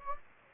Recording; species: mosquito wingbeat signal from an infrared sensor; Anopheles gambiae